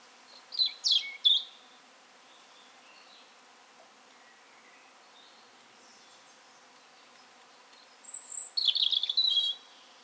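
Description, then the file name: European robin singing short, high, sweet twittering phrases, one near the start and another near the end, with only faint notes in between. "Erithacus rubecula - European Robin"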